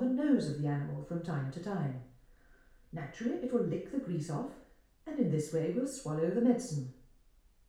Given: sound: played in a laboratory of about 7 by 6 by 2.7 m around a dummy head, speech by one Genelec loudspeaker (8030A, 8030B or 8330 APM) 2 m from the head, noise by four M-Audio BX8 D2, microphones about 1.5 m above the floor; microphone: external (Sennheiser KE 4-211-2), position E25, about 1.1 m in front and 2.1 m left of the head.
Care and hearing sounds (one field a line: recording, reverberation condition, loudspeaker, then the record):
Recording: female speech in English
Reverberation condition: medium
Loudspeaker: 90 degrees to the left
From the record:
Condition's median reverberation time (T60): about 510 ms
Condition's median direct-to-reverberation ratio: about -0.5 dB